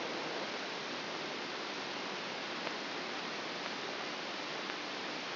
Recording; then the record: brain microelectrode recording played as sound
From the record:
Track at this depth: inside the subthalamic nucleus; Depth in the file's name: -0.158 mm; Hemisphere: right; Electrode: 2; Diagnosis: Parkinson's disease